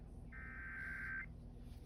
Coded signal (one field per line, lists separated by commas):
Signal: Emergency Alert System (SAME) tones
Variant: header bursts